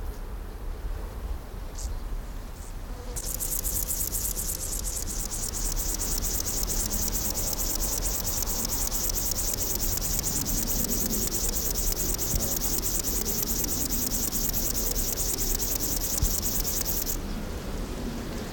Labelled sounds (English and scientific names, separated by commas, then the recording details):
Field Grasshopper (Chorthippus brunneus) stridulation
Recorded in the wild
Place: Karower Teiche, Naturpark Barnim, Berlin, DE
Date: 1992-09-27 11:45
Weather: sonnig, 17-22 °C
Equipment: Marantz CP 430, Sennheiser ME 80, Kopie Tesla B 116
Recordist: Tembrock, Günter